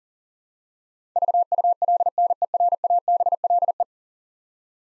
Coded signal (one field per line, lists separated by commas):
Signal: Morse code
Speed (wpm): 37 wpm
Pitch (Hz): 700 Hz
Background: none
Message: VULNERABLE